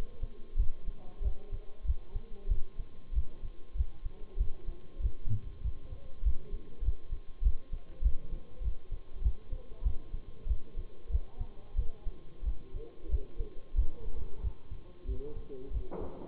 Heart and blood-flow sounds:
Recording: heart sounds by stethoscope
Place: between the tricuspid and mitral areas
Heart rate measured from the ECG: 95 bpm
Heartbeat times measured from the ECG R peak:
0.58 s: heartbeat
1.23 s: heartbeat
1.86 s: heartbeat
2.49 s: heartbeat
3.14 s: heartbeat
3.77 s: heartbeat
4.39 s: heartbeat
5.01 s: heartbeat
5.63 s: heartbeat
6.24 s: heartbeat
6.84 s: heartbeat
7.43 s: heartbeat
8.03 s: heartbeat
8.63 s: heartbeat
9.23 s: heartbeat
9.84 s: heartbeat
10.48 s: heartbeat
11.11 s: heartbeat
11.77 s: heartbeat
12.45 s: heartbeat
13.10 s: heartbeat
13.76 s: heartbeat
14.42 s: heartbeat
15.07 s: heartbeat
15.72 s: heartbeat
From the record:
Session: Bruce protocol treadmill stress test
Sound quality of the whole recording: partially saturated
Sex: male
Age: 23 years

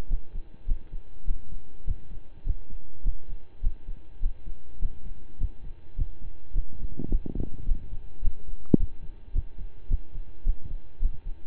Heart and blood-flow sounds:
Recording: heart sounds by stethoscope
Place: between the tricuspid and mitral areas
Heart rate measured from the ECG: 104 bpm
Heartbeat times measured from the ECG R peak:
0.08 s: heartbeat
0.65 s: heartbeat
1.25 s: heartbeat
1.84 s: heartbeat
2.43 s: heartbeat
3.02 s: heartbeat
3.61 s: heartbeat
4.20 s: heartbeat
4.79 s: heartbeat
5.38 s: heartbeat
5.95 s: heartbeat
6.52 s: heartbeat
7.09 s: heartbeat
7.65 s: heartbeat
8.21 s: heartbeat
8.77 s: heartbeat
9.32 s: heartbeat
9.88 s: heartbeat
10.43 s: heartbeat
10.99 s: heartbeat
From the record:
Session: slow and fast walking with breaks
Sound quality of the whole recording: saturated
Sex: male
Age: 25 years

